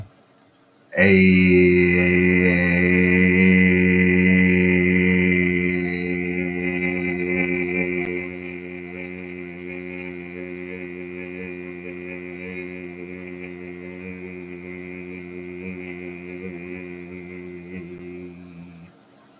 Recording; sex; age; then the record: vowel held as long as possible; male; 40 to 49 years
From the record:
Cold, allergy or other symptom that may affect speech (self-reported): no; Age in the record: 45 years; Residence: Ohio, United States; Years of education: 13